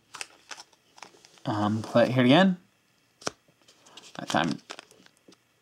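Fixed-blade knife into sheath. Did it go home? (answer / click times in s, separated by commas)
no / none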